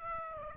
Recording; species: mosquito wingbeat signal from an infrared sensor; Aedes aegypti